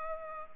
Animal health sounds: mosquito wingbeat signal from an infrared sensor; Culex pipiens

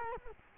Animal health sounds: mosquito wingbeat signal from an infrared sensor; Culex quinquefasciatus

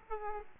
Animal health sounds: mosquito wingbeat signal from an infrared sensor; Aedes aegypti

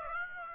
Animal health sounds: mosquito wingbeat signal from an infrared sensor; Aedes aegypti

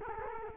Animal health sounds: mosquito wingbeat signal from an infrared sensor; Culex quinquefasciatus

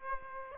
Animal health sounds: mosquito wingbeat signal from an infrared sensor; Aedes aegypti

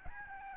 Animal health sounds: mosquito wingbeat signal from an infrared sensor; Aedes albopictus

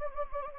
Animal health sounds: mosquito wingbeat signal from an infrared sensor; Anopheles gambiae

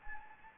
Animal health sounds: mosquito wingbeat signal from an infrared sensor; Anopheles gambiae

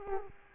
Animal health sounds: mosquito wingbeat signal from an infrared sensor; Culex quinquefasciatus

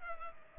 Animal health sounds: mosquito wingbeat signal from an infrared sensor; Culex pipiens

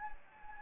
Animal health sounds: mosquito wingbeat signal from an infrared sensor; Anopheles gambiae

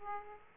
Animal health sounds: mosquito wingbeat signal from an infrared sensor; Aedes aegypti

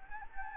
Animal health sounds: mosquito wingbeat signal from an infrared sensor; Anopheles gambiae

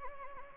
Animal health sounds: mosquito wingbeat signal from an infrared sensor; Anopheles gambiae

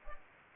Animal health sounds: mosquito wingbeat signal from an infrared sensor; Culex pipiens

